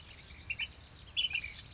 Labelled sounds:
Ash-throated Flycatcher
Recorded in Sonoma County, California

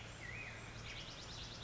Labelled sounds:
Black-headed Grosbeak
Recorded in Sonoma County, California

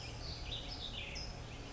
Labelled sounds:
California Towhee
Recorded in Sonoma County, California

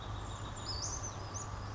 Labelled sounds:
Brown Creeper
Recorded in Sonoma County, California

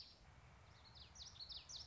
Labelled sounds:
Common Yellowthroat
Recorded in Sonoma County, California

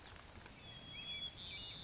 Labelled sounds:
White-crowned Sparrow
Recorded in Sonoma County, California

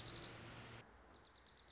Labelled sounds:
Dark-eyed Junco
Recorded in Sonoma County, California

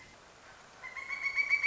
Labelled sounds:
Pileated Woodpecker
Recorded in Sonoma County, California

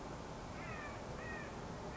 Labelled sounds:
California Quail
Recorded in Sonoma County, California

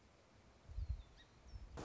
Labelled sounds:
Song Sparrow
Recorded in Sonoma County, California

